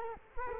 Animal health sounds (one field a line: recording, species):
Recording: mosquito wingbeat signal from an infrared sensor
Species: Culex quinquefasciatus